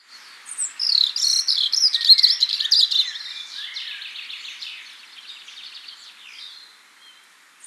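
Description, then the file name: European robin song, a rich rapid warble of high sliding and trilled notes that gradually fades toward the end. "Erithacus rubecula"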